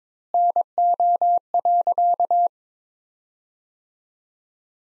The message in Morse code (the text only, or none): NO.